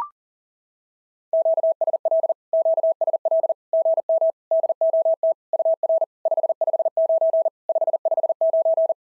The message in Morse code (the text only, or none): QSL QSL GM DOT UR 559 559